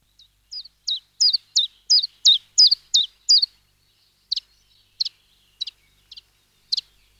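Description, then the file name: Chiffchaff singing a rhythmic string of bright, high, two-pitched notes about three per second, growing louder, then trailing off into quieter, spaced notes. "chiffchaff"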